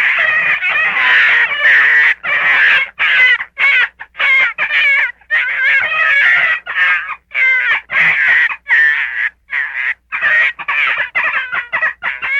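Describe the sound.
Gray fox giving a dense stream of quavering, nasal yelps and whimpers, steady and fast, with brief breaks between phrases.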